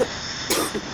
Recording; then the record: coughing mixed with background sound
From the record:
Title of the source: 60 coughing still (deep and wet cough)